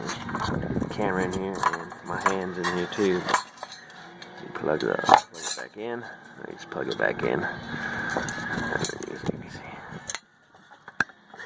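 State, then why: Seated. Someone talks while reaching behind the headlight of a 1991 Jeep XJ and pushing the headlight wiring connector back onto the headlight bulb, with faint handling noises. A sharp click at 11.0 s marks the connector snapping into place, fully seated.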